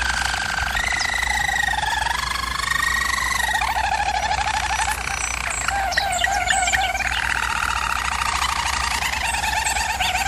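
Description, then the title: German Roller canary rolling song, dense trilled phrases with scattered higher chirps, steady low background hum throughout. German Roller canary singing, for canary training. "German Roller Canary Singing - Canary Training Vid"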